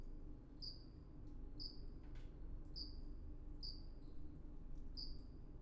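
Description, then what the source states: Cricket chirps, crisp high-pitched pulses repeating roughly every second, with a steady low rumble underneath. Crickets recorded at baths.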